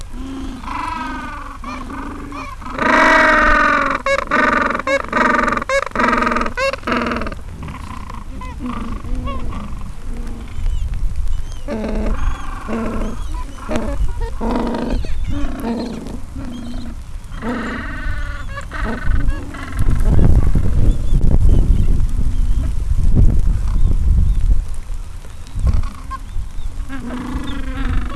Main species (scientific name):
Pygoscelis papua